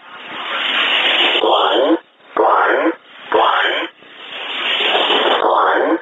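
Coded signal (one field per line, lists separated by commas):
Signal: numbers station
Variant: E07, English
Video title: 16 03 2019 E07 English Man Numbers station in English 0740 on 12112 unknown tx site in USB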